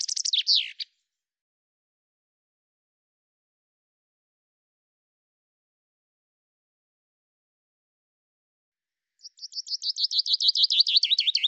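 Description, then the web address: Common chaffinch song: the closing flourish of one phrase, a long silence, then the opening trill of the next descending series. "Deverinetal 2025 File cleaned normalized Bird Fr Co"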